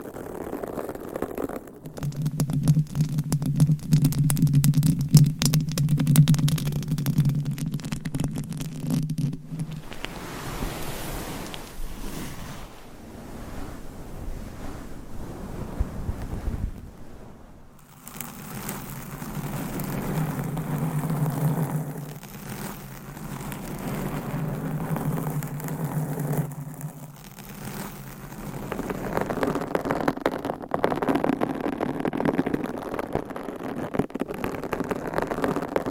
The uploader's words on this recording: ASMR with 200 MICS! Different Mic Covers & Nails Mic Scratching , Massage & More No Talking.